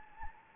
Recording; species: mosquito wingbeat signal from an infrared sensor; Anopheles gambiae